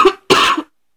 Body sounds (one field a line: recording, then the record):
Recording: coughing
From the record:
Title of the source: 64 coughing, allergies, singing lungs